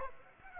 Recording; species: mosquito wingbeat signal from an infrared sensor; Aedes aegypti